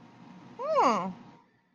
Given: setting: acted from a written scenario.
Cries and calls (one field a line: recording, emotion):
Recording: vocal sound without words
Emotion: realization